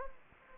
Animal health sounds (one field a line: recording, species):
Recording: mosquito wingbeat signal from an infrared sensor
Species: Anopheles gambiae